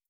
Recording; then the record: hydrophone in a shrimp aquaculture tank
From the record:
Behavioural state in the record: starved